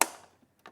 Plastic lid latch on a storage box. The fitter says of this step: if I open this, you can hear the click.